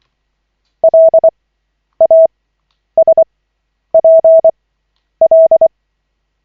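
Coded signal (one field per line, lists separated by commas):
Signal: Morse code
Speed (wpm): 24 wpm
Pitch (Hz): 650 Hz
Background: none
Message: LASPL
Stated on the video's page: Koch method Morse practice session, lesson 11 of 40, from LCWO.net.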